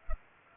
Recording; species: mosquito wingbeat signal from an infrared sensor; Culex pipiens